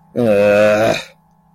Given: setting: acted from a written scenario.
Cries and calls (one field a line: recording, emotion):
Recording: vocal sound without words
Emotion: disappointment